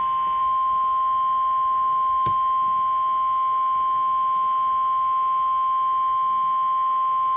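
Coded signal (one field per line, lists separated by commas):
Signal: Emergency Alert System (SAME) tones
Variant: 1050 Hz attention tone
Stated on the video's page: River flood warning SAME alert received on NOAA Weather Radio station KEC83.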